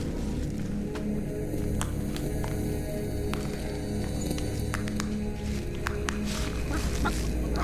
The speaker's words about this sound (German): Ein Huhn. Ein einziges Huhn. Nichts ist komischer als ein alleinstehendes Huhn zu Füßen der Finanzmonumente Mitteleuropas.